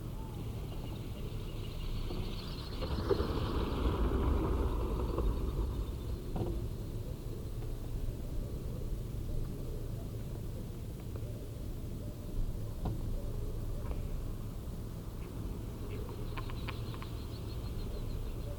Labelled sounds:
Mallard call
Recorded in the wild
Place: Schorfheide, Brandenburg, DE
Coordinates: 52.907, 13.531
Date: 1989-11-01
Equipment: Nagra III BH, Sennheiser MD 21, parabola
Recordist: Schubert, Michael
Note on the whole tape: Überflüge von Stockenten

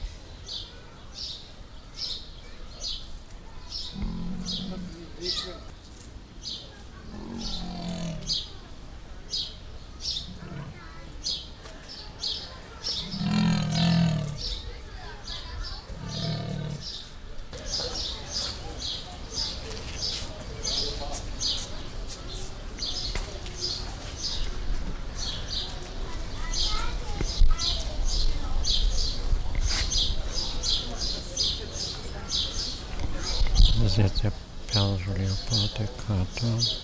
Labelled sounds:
Leopard call
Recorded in captivity
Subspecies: saxicolor
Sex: male
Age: adult
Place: Zoo Berlin, Berlin, DE
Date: 1998-06-20 13:12
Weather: partly sunny, 22°C
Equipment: Sony MD-WM MZ-R3, Sennheiser ME 80, Kopie Uher 4000 Report Monitor
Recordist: Tembrock, Günter

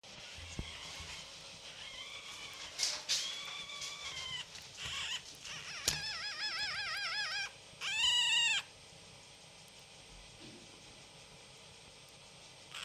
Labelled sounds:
Red Fox
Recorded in captivity
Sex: female
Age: juvenile
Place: Zoologisches Institut der HUB, Berlin, DE
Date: 1956-05-04 13:30
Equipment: Elmetra
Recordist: Tembrock, Günter
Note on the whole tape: Molly-Welpen: Weibchen (im Raum): Quärren, gepreßt, Crescendo

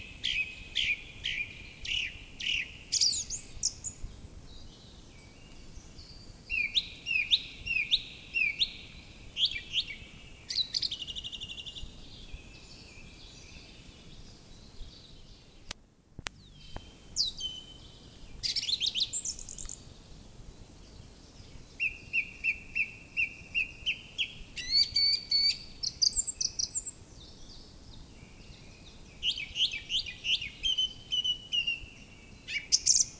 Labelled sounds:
Song Thrush song
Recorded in the wild
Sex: male
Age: adult
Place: Röttenbach, Bayern, DE
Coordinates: 49.6633, 10.9539
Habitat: forest
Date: 1961-04-02 18:00
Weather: after rainfall
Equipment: Stellavox SM 4, Original, Vollspur
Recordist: Tretzel, Erwin

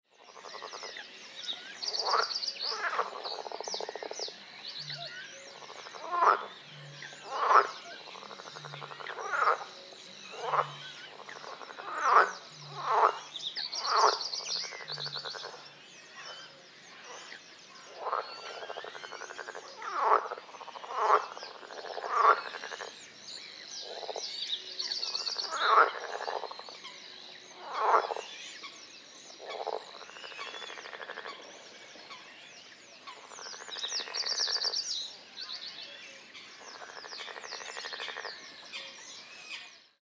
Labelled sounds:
Edible Frog
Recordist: Frommolt, Karl-Heinz
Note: Konzert, im Hintergrund: Kuckuck, Rohrdommel, Rohrammer, Blässhuhn, Star

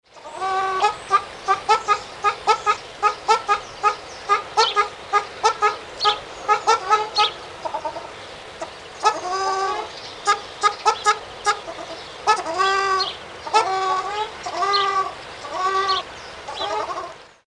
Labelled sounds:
Ruddy Shelduck
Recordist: Tembrock, Günter
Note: Verschiedene Lautformen

